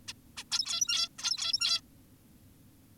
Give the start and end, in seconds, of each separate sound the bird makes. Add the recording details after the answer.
0.08-0.13, 0.37-0.44, 0.51-1.09, 1.19-1.81. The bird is an adult. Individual g17y2U